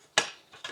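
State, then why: Seated. A juicing chamber part is set onto the motor base of a Dylect NutriPro cold press juicer and pressed down slightly until it locks, and it rotates. A sharp, loud click at 0.2 s marks it seating, followed by a fainter click around 0.7 s. No one talks.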